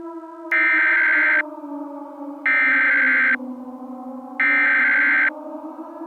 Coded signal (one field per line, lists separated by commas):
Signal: Emergency Alert System (SAME) tones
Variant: header bursts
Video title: stupid cat the giant with red dots rampage eas scenario merowing